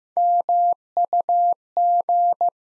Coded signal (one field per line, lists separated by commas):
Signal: Morse code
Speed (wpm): 15 wpm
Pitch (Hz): 700 Hz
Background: none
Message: MUG